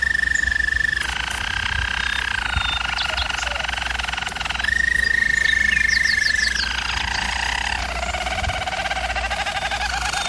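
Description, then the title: German Roller canary song, smooth sustained whistled roll alternating with buzzier trills, a few quick chirps mid-phrase, low steady hum behind. Canary training recording of a German Roller canary singing. "German Roller Canary Singing - Canary Training Vid"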